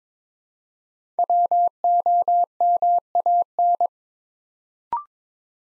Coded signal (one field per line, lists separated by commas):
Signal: Morse code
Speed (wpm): 22 wpm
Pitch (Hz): 700 Hz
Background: none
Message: WOMAN